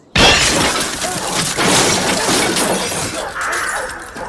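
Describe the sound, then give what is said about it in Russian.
A sudden, loud crash as the stout Marfa Petrovna falls down with her whole weight onto a man in a cassock, followed by several seconds of shattering, rattling debris that slowly thins out and settles. “Судите сами, дородная Марфа Петровна, видимо, для того, чтобы лучше слышать, чуть сместила угол посадки и всей массой грохнулась вниз.”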